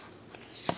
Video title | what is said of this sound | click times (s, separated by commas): Nintendo Switch Top Shelf Unboxing!!!! | Hear that click? That means it locked into place. | 0.7 s